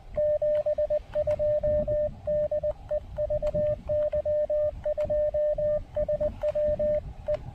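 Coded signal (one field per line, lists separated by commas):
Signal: Morse code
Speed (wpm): 20 wpm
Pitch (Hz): 590 Hz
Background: radio noise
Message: 72 DE VY2SW E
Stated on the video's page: QRP POTA park activation on 20 m CW using Elecraft AX1 antenna and KX1.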